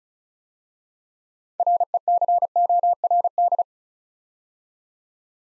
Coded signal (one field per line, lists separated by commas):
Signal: Morse code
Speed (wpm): 36 wpm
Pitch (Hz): 700 Hz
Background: none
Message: RECORD